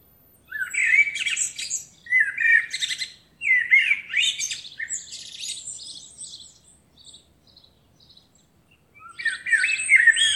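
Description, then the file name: Eurasian blackbird singing: mellow low warbled phrases that break into high squeaky twitters, with several phrases back to back, a softer trailing twitter, then a new phrase near the end. "Turdus merula"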